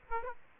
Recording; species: mosquito wingbeat signal from an infrared sensor; Aedes aegypti